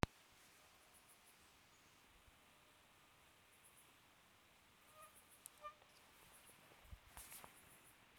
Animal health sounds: mosquito flight sound by mobile phone; Aedes sierrensis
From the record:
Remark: free flight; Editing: field recording with all noises

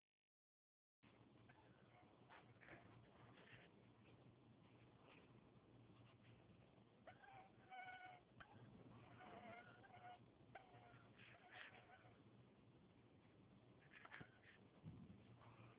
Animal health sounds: mosquito flight sound by mobile phone; Anopheles dirus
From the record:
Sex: male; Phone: Huawei 866C

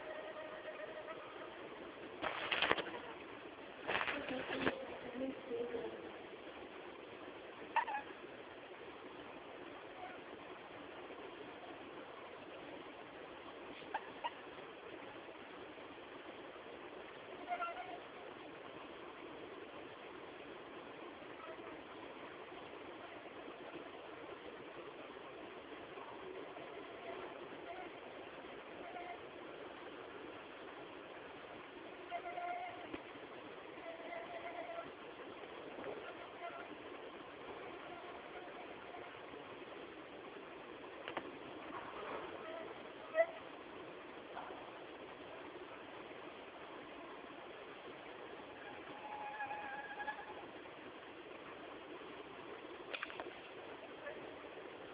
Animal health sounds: mosquito flight sound by mobile phone; Anopheles farauti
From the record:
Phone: Samsung T209

